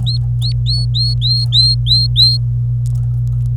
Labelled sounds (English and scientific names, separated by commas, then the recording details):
Domestic Canary (Serinus canaria) song
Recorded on 26 April 2018 at 05:59
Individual llb3